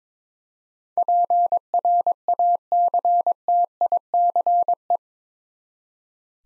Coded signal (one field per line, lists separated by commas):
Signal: Morse code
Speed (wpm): 21 wpm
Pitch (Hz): 700 Hz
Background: none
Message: PRACTICE